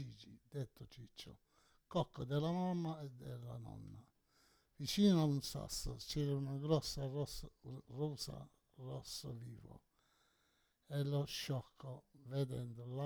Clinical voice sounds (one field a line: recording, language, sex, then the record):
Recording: read passage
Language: Italian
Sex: male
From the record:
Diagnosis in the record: Parkinson's disease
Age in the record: 68 years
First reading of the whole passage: 84 s, 6.2 characters per second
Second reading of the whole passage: 63 s, 8.2 characters per second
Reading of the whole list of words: 57 s, 5.0 characters per second